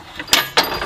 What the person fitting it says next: just clicks right in so it's relatively simple